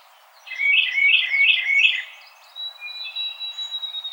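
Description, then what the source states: Carolina Wren song of four fast rolling whistled phrases, followed by long thin high steady whistles. Recorded on 4 January 2007.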